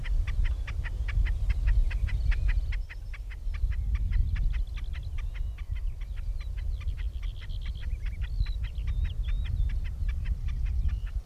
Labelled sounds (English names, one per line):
Common Snipe song